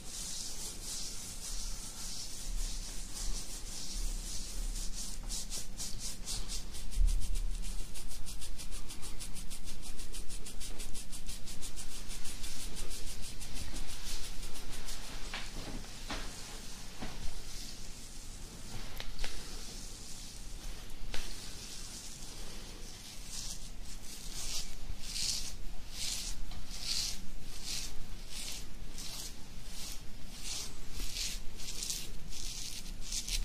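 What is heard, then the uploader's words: Beard scratching runs through the whole stretch as a dense, bright rasping of quick repeated strokes. The rubbing thickens around the middle, eases briefly near fifteen seconds, then returns in clearer rhythmic bursts toward the end, with a soft low thump near seven seconds. ASMR INSANE BEARD SCRATCHING.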